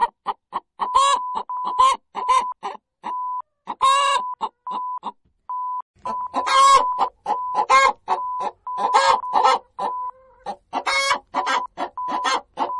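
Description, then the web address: Chicken clucking in rapid bursts of harsh notes, with a steady electronic beep tone repeating over the clucks throughout. Hen clucking linked to egg laying. "sevenleaf. Chicken Cluck Egg Lay"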